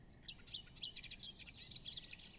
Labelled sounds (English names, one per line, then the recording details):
Eurasian Blackcap
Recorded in Germany
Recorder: ecoPi